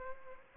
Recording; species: mosquito wingbeat signal from an infrared sensor; Aedes aegypti